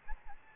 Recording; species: mosquito wingbeat signal from an infrared sensor; Aedes albopictus